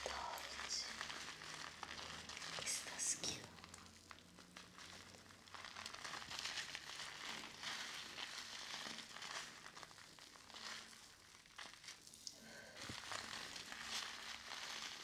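A steady stream of soft squishing and crinkling from shampoo being worked into hair during a head massage, swelling and easing in slow waves. A few sharper clicks stand out near three and thirteen seconds over a faint low hum.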